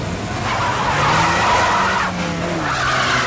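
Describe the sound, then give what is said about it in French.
Tires screech loudly and continuously as the gangsters' car, an R25, accelerates hard after reversing, a high squealing whine layered over the rising roar of the engine, with no voices. “Mais brusquement, la voiture des gangsters fait marche arrière. Puis, elle repart à toute allure.”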